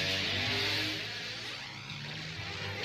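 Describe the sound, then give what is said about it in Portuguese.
A truck engine roars and revs for a few seconds as the truck jumps off a bridge, its pitch swelling, dipping and climbing again over a dense, steady rumble, with no one talking. “Caraca, ele vai pular da ponte no caminhão, é isso?”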